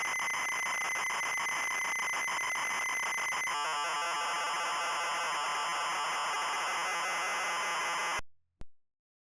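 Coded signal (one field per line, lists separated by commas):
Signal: ZX Spectrum tape loading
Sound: buzzy steady lead tone, then harsh rapid warbling screech, then sudden cutoff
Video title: 🧧SONIDO de CARGA ZX SPECTRUM ✨!! Solo los VIEJUNOS lo ENTENDERAN!!✨✨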